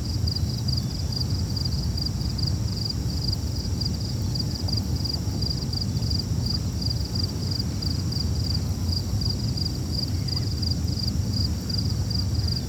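A night scene by a lake, with a steady, even level throughout. Insects chirp in a fast, regular pulse high above, while a low, soft rumble of wind or lapping water fills the bottom, and a faint hum lingers in the background.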